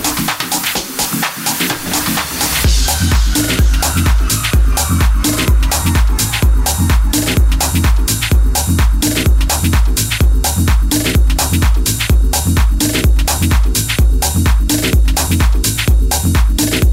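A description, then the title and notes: Music thumps at a secret late-night party: a fast, steady dance beat with sharp, regular hits and bright ticking on top. For the first two and a half seconds the low end is thin, then a heavy bass pulse drops in and holds to the end. The sounds of a secret late night party. Recorded somewhere in California.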